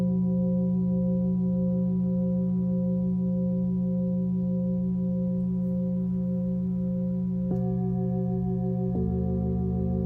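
A Tibetan singing bowl rings with a steady, full low hum and a clear tone above it that pulses in a slow, even wobble. Near the seven-and-a-half-second mark a second strike adds fresh ringing, and just before nine seconds the low drone shifts in pitch.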